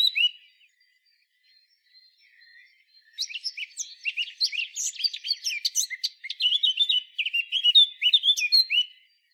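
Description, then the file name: Eurasian blackcap song: a few brief chirps, a quiet pause with faint notes, then a long dense burst of fast scratchy warbling and twittering notes that stops just before the end. "Sylvia atricapilla"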